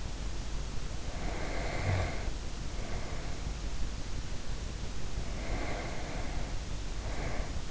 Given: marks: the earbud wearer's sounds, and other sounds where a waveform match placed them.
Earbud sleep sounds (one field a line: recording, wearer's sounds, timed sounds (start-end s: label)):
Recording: sounds in sleep by an in-ear microphone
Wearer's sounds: breath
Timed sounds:
1.03-3.55 s: breath
5.10-7.71 s: breath